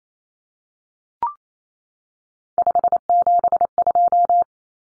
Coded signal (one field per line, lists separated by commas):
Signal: Morse code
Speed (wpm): 28 wpm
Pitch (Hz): 700 Hz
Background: none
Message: 572